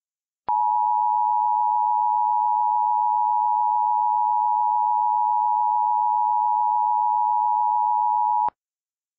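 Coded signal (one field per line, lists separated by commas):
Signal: Emergency Alert System (SAME) tones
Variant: 853 and 960 Hz attention tone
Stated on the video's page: Fictional hurricane EAS scenario with valid EAS tones.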